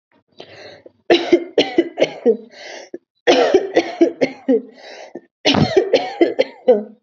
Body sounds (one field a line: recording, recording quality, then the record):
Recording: heavy voluntary cough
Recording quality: excellent, no background noise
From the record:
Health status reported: COVID-19 positive, no symptoms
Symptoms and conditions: none ticked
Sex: female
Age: 24 years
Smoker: not ticked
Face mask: not worn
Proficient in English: yes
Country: India